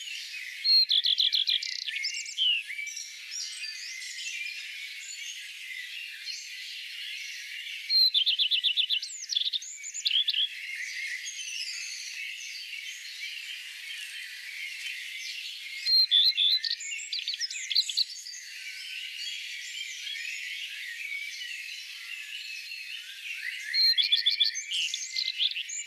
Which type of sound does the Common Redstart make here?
song